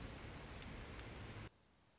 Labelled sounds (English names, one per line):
Orange-crowned Warbler